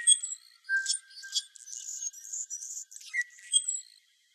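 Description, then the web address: Anna's hummingbird giving squeaky, scratchy high phrases with a faint steady tone in the background and a short drop to a lower whistled note. Recorded in Arizona. "Hummingbirds Swifts AZFO ANHU deviche"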